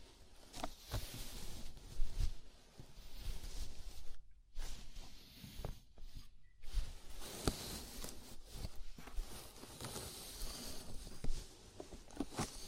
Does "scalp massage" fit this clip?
yes